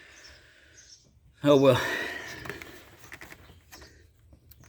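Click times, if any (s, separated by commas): none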